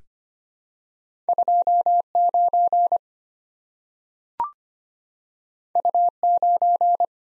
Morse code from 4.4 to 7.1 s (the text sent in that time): U 9